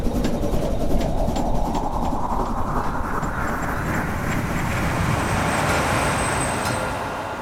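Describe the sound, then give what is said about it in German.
A train, boarded at Emden, rolls steadily along the rails, a continuous low rumble with faint rhythmic clatter and a rising hiss of wheel noise that holds at an even loudness throughout. “Wir sprachen wenig, gingen in Emden von Bord und bestiegen den Zug.”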